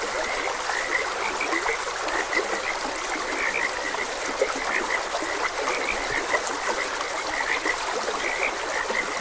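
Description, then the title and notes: Frogs croaking in a dense chorus of short, repeated chirping notes over a steady rushing stream. Frogs croaking beside a gentle stream. "Frogs Croaking. Sleep and Relaxation Podcast"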